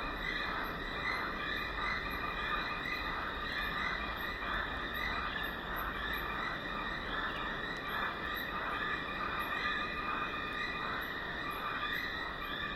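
Steady ambience along a dry stretch of the Limpopo River: dense, insect-like buzzing pulses in quick regular beats over constant low rumble.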